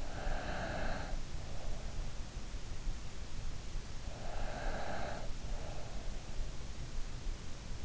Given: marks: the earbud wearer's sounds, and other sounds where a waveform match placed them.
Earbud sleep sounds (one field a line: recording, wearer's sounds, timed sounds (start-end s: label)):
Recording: sounds in sleep by an in-ear microphone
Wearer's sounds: breath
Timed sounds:
0.00-2.17 s: breath
4.19-6.11 s: breath